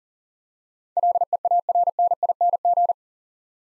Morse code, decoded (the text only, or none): LEARNING